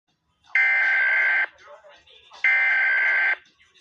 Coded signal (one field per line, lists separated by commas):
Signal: Emergency Alert System (SAME) tones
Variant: header bursts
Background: speech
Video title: EAS scenario the bus incident (REUPLOAD)